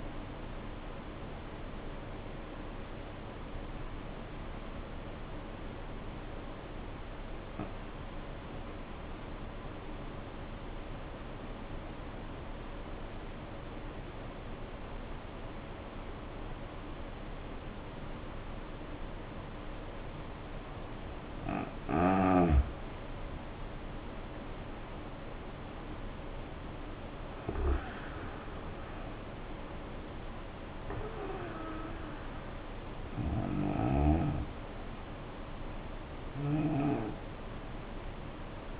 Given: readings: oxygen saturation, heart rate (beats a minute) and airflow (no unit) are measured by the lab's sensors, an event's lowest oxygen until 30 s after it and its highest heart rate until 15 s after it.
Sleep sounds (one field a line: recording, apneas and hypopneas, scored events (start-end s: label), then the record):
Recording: breathing in sleep by a voice recorder at the bedside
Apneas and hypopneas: 1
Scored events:
9.00-22.40 s: obstructive apnea (N1, oxygen 94% highest, then 76% lowest, heart rate 60 at the start, 77 highest)
10.00-38.80 s: new sleep stage, N2 (light sleep)
From the record:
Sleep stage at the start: N1 (lightest sleep)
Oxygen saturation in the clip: 75 to 94%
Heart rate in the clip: 57 to 77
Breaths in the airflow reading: 3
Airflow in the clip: -8.7 to 8.6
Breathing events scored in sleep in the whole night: 520 in 7.2 hours asleep